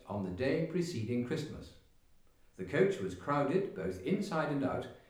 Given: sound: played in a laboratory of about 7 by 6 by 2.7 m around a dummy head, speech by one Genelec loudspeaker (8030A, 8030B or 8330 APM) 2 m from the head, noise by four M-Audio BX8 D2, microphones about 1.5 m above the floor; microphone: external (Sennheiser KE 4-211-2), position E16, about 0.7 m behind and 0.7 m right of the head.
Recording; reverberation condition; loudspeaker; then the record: male speech in English; medium; 60 degrees to the right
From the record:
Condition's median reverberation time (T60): about 510 ms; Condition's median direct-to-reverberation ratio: about -0.5 dB